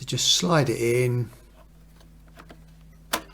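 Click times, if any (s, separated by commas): 3.1 s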